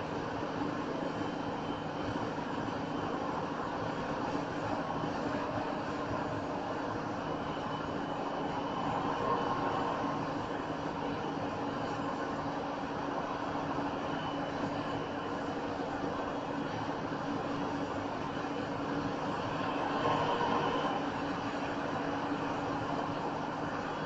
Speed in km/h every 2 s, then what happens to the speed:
101, 100, 100, 98, 98, 98, 98, 97, 98, 98, 98, 98.
0-24 steady at about 98.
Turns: none.